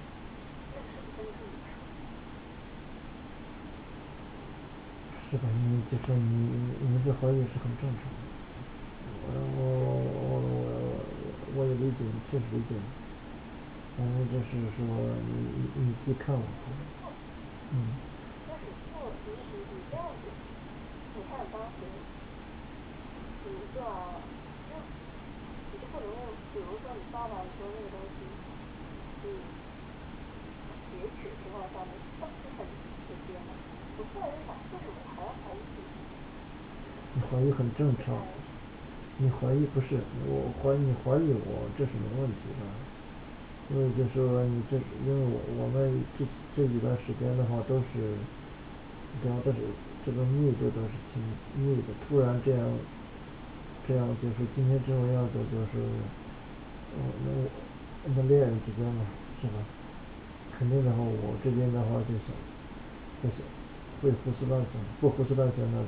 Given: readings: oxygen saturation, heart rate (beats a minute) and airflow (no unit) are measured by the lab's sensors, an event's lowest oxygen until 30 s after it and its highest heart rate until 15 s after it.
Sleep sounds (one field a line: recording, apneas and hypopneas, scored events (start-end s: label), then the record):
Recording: a person awake in a sleep study, by a voice recorder at the bedside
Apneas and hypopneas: none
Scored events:
0.00-65.88 s: awake
From the record:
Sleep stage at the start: awake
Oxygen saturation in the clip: 95 to 97%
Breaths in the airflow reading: 18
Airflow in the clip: -7.1 to 6.0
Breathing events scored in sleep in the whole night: 216 in 7.0 hours asleep